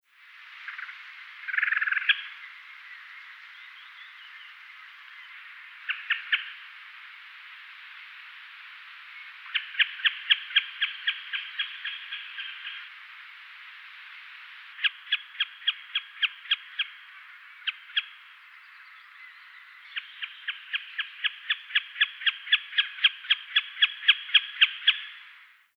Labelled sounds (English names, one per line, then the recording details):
Common Snipe
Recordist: Frommolt, Karl-Heinz
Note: Verchnoje Erschowskoje Ozero (Südteil): Keckern und Balzflüge (mit Meckern), Triller beim Abfliegen, 1 Tier gesehen, Entfernung 50 - 100 m